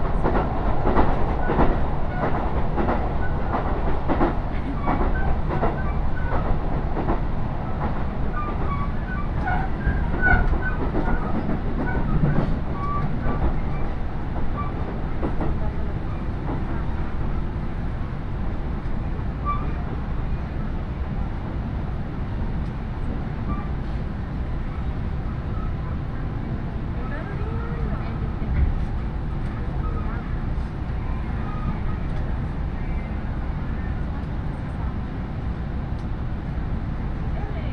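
Steady low rumble inside a moving train, with clattering bumps and faint voices early on, settling into an even hum after fifteen seconds.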